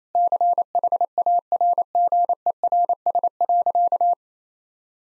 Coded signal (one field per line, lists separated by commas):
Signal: Morse code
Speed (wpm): 28 wpm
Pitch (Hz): 700 Hz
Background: none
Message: CHARGERS.